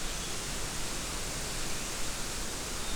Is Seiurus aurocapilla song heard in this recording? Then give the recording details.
no. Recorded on 23 June 2016 at 08:00. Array SBT-6-76